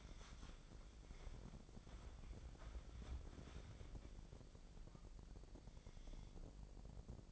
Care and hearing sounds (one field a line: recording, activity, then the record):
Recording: daily activity, microphone in the room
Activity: wipe stove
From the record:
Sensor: 5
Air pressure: 1012.4 hPa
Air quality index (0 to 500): 160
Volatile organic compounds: 2 ppm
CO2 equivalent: 1087 ppm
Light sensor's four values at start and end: 196/469/200/234 and 191/458/195/227